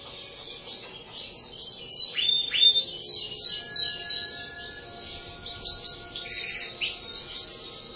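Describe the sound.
Bird song with rapid high chirps and sharp slurred notes, repeated in quick runs, plus a thin sustained whistle in the background.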